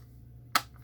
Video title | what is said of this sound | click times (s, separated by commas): TRRS #2062 - Pocket DX'er - Panasonic RF 619 AM/FM Radio From Jeff | there we go it snapped in and it's all closed up | 0.6 s